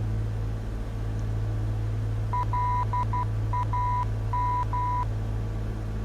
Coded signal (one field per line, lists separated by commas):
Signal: Morse code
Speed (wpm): 12 wpm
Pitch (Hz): 990 Hz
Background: none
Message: LAM